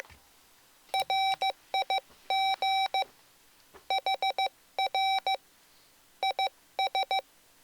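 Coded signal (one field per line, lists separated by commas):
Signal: Morse code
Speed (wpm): 15 wpm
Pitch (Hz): 770 Hz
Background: none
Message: RIG HR IS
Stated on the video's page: Morse sent from soft macros recorded and stored in EEPROM on the Mr. Rags macro keyer.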